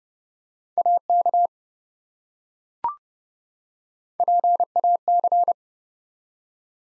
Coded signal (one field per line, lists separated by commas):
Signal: Morse code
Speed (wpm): 30 wpm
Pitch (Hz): 700 Hz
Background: none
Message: AK PAC